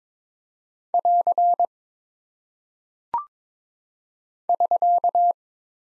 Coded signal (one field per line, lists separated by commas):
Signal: Morse code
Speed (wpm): 22 wpm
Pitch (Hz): 700 Hz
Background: none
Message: <AR> <SK>